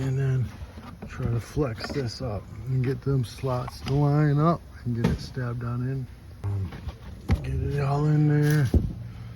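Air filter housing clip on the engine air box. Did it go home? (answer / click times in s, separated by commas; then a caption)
no / none. On a 2022 Chrysler Pacifica, the plastic air filter housing on the engine air box is flexed and worked so its slots line up and it can be pushed on, while someone talks throughout. A couple of brief handling knocks come near 6.4 and 7.3 seconds, but the lid has not yet been squeezed down and its retaining clip has not clicked back in.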